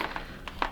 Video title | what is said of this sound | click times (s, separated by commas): Airvo Inservice - Step by Step instructions for R.N. use. | And last but not least, make sure you really get it in and you hear that click | 0.6 s